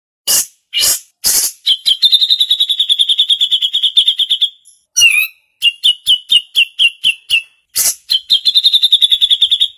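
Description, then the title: A bulbul's rapid chattering: a few loud separate clicks, then a long fast series of sharp notes, a pause, and two more quick runs. Female bird. "Cucak Jenggot Betina"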